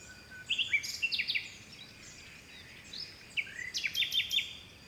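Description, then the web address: Bird song: two bursts of quick high warbling phrases separated by a pause. Forest birds in the early morning in spring, in a Mediterranean forest by the sea in Greece. "Seaside Nature And Waves Nature Forest Birds Wind Early Morning Spring Distant Sea Mediterranean Grece"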